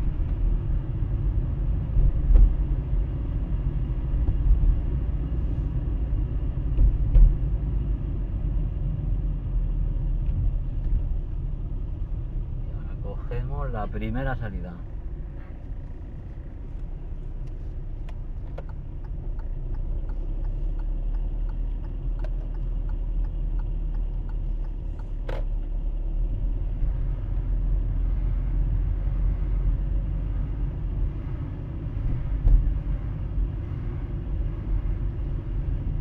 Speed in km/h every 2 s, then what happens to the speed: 24, 27, 27, 24, 19, 15, 14, 13, 14, 13, 18, 18, 15, 19, 21, 23, 23, 23.
4-9 slows to 15. 9-24 steady at about 14. 24-30 speeds up to 23. 30-36 steady at about 23.